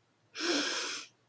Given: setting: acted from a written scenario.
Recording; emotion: vocal sound without words; desire